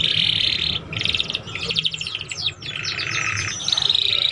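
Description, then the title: Belgian canary song: bright, fast rolling trills and buzzy tours high in pitch, run together in long phrases with brief pauses. Belgian canary song played to warm up young canaries and stimulate them to start singing and chirping quickly. "Canto Para Esquentar Canário Belga. SUARA KENARI PAUD CUIT CUIT BELAJAR BUNYI - pancingan kenari paud muda agar cepat bunyi dan ngeriwik"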